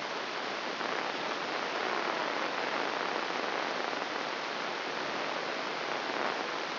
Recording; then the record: brain microelectrode recording played as sound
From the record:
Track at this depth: inside the subthalamic nucleus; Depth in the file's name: 1.912 mm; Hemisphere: left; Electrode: 3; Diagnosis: Parkinson's disease